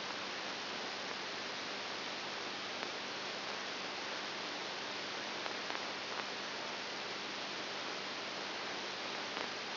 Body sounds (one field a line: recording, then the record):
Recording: brain microelectrode recording played as sound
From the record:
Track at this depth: outside the subthalamic nucleus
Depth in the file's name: 7.5 mm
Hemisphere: left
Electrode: 2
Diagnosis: Parkinson's disease